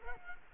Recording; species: mosquito wingbeat signal from an infrared sensor; Culex quinquefasciatus